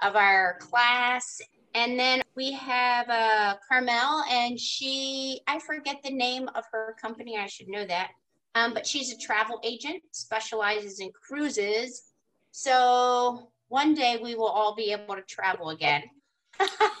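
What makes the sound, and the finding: Adult woman speaking. No disorder.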